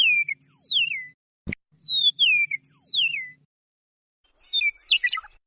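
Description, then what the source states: Eastern Meadowlark whistling two clear phrases of gliding, falling notes, a short click between them, then a jumble of quick high notes. Song includes a metallic trill that the hosts liken to a robot.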